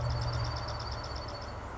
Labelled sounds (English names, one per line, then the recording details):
Dark-eyed Junco
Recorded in Sonoma County, California